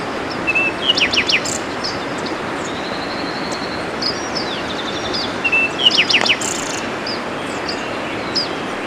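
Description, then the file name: Bird calls: a short level whistle followed by quick bursts of sharp chirps, heard twice about five seconds apart over steady loud hiss. "SABIOD 50 bird 2015"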